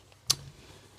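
A door card (trim panel) is pried away from the door of a Rolls-Royce Silver Spirit III, and one of its plastic snap connectors releases from the door with a single sharp, bright click at 0.3 s, preceded by a faint tick at 0.1 s. The clip pops out and the panel comes free.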